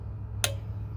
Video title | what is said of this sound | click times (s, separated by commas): Ford F250 F350 7 3L Belt Tensioner Step by Step Gates 38191 | and this is a what's called a click torque crits so you're going to push it until you hear it click | 0.4 s